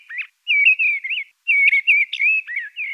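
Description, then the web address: Mistle thrush singing short, fluty, whistled phrases with rising and falling wavering notes, broken by brief pauses, against a quiet background. "Turdus viscivorus"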